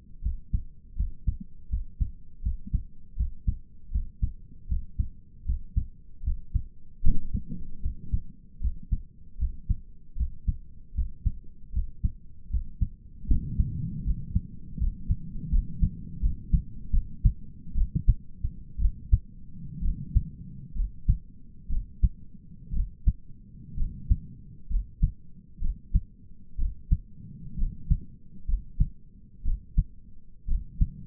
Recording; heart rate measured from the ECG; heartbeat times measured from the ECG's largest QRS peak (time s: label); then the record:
heart sounds by stethoscope; 71 bpm
0.22 s: heartbeat
0.96 s: heartbeat
1.70 s: heartbeat
2.43 s: heartbeat
3.17 s: heartbeat
3.92 s: heartbeat
4.68 s: heartbeat
5.46 s: heartbeat
6.24 s: heartbeat
7.03 s: heartbeat
7.82 s: heartbeat
8.61 s: heartbeat
9.38 s: heartbeat
10.17 s: heartbeat
10.95 s: heartbeat
11.73 s: heartbeat
12.50 s: heartbeat
13.28 s: heartbeat
14.05 s: heartbeat
14.79 s: heartbeat
15.51 s: heartbeat
16.22 s: heartbeat
16.93 s: heartbeat
17.76 s: heartbeat
18.80 s: heartbeat
19.83 s: heartbeat
20.76 s: heartbeat
21.70 s: heartbeat
22.74 s: heartbeat
23.78 s: heartbeat
24.70 s: heartbeat
25.62 s: heartbeat
26.59 s: heartbeat
27.59 s: heartbeat
28.48 s: heartbeat
29.45 s: heartbeat
30.48 s: heartbeat
From the record:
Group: healthy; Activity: Valsalva maneuver 0-15 s, rest 15-31 s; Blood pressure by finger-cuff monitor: 101/67 mmHg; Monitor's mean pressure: 76 mmHg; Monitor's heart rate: 76 bpm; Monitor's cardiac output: 6.1 L/min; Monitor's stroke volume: 88 mL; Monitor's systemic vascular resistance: 890 dyn s/cm5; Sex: male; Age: 22 years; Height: 181 cm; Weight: 79 kg